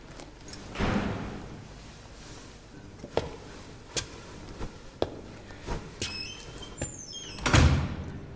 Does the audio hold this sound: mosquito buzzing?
no